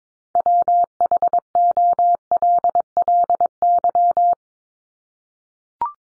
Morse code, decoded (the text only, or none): WHOLLY